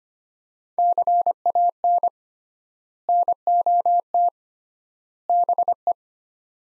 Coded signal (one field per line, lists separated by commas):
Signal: Morse code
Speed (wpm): 25 wpm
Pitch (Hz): 700 Hz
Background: none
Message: CAN NOT BE